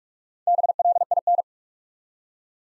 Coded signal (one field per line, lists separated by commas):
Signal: Morse code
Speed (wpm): 45 wpm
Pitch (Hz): 700 Hz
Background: none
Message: BLIN